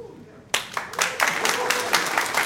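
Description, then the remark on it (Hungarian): An audience breaks into applause after a brief quiet moment, many hands clapping at once in a dense, bright, steady patter that holds fairly loud to the end. “Utálom, amikor tapsoltok, de most ennek abszolút mértékben helye van.”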